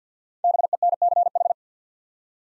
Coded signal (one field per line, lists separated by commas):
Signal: Morse code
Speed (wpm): 48 wpm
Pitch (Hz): 700 Hz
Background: none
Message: BENCH